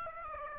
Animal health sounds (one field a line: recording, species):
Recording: mosquito wingbeat signal from an infrared sensor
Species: Aedes aegypti